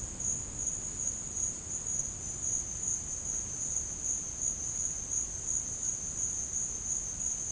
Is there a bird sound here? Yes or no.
no